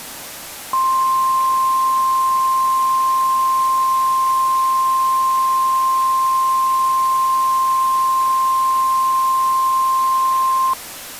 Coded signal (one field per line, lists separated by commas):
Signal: Emergency Alert System (SAME) tones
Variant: 1050 Hz attention tone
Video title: EAS Scenario: Harvey part 2